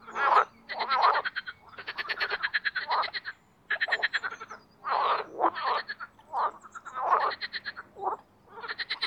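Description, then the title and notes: Marsh frog chorus of repeated rattling croak bursts, each a fast train of pulses about a second long, with brief gaps between calls. Spring mating chorus in an artificial pond made for water activities at Parc Chédeville, Oise; cold previous night. "au Parc Chédeville dans l'Oise. des grenouilles rieuses"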